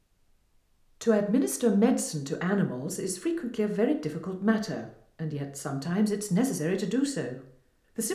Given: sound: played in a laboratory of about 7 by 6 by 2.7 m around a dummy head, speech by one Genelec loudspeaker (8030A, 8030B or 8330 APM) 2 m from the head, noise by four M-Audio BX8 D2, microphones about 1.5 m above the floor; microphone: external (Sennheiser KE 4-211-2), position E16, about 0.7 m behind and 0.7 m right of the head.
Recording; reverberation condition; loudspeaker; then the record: female speech in English; medium; 150 degrees to the right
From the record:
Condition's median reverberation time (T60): about 510 ms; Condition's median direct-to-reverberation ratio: about -0.5 dB